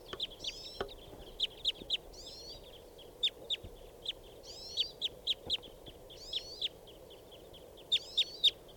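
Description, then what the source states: Red crossbill calls, short sharp downslurred notes repeated irregularly, with occasional twittering notes between them, over low background noise. Type 2 red crossbill calling near a net with a couple of crossbills present; recorded at 7:16.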